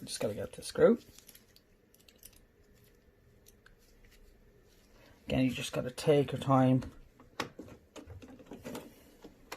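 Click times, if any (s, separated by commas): none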